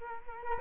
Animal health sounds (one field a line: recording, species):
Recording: mosquito wingbeat signal from an infrared sensor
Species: Culex quinquefasciatus